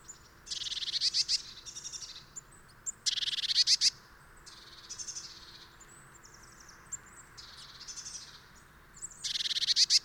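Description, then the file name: Eurasian blue tit calling in three bursts of rapid, scratchy, high-pitched notes, each lasting about a second, with fainter twittering between them. "Cyanistes caeruleus"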